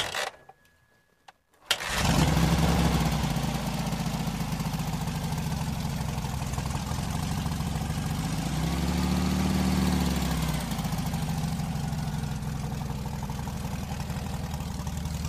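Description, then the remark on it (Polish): After a brief near-silent start, a 1200 cc custom motorcycle built from Ural, Emka and Dnepr parts, with an air-cooled Beetle engine, catches and settles into a steady, throbbing low idle, rising briefly in a revved swell before dropping back to idle. “Ma 1200 pojemności z silnikiem garbusa. Jest to składak trochę Urala, trochę Emki, trochę Dniepra. No i jest to niesamowity motor.”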